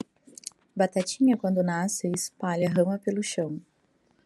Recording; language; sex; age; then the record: short text; Brazilian Portuguese; female; 30 to 39 years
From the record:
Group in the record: control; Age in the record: 36 years